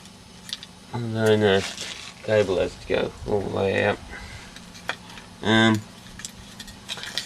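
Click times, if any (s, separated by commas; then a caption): 7.2 s. While refitting a plastic Victa G4 lawnmower carburettor, the throttle cable is moved around until its end ball clips into its seat in the throttle lever. Someone talks, with small handling clicks and taps in between, and the ball is heard clicking into place at 7.2 s, leaving it seated where it should be.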